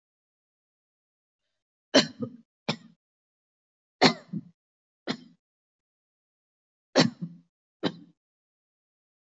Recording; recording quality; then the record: shallow voluntary cough; excellent, no background noise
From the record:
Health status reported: COVID-19 positive, mild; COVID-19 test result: positive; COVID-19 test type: RT-PCR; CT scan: not taken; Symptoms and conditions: cold, sore throat, fever, muscle pain, hypertension, diabetes, another condition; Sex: female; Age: 52 years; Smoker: no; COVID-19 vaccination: both doses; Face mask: not worn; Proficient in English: yes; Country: India